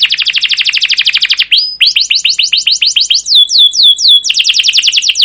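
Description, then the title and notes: Canary singing a dense rapid trill, then a series of hooked whistled notes, then another fast trill of repeated notes. Canary song with long continuous chirping, used as a lure and master recording to train young canaries to learn sounds. "CUIT CUIT NGEROL LANGSUNG GACOR PANJANG Kenari Ini AMPUH Utk Pancingan KENAR. PANCINGAN Kenari GACOR PANJANG Cuit CUIT EMOSI ini AMPUH utk MASTERAN Kenari PAUD belajar BUNYI. burung kenari"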